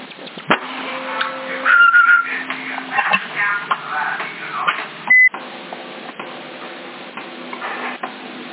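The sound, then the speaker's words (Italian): Crackly, band-limited CB radio static in Sassari, September 2024, carries steady electronic beep tones, with short high-pitched bleeps, a brief dropout midway, then more hissy carrier noise with faint ticking. “Avanti il bip, chi è?”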